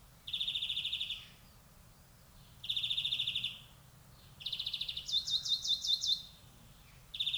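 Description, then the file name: European greenfinch giving drawn-out buzzy calls separated by pauses, one joined by a rapid, higher ticking trill. "Chloris chloris"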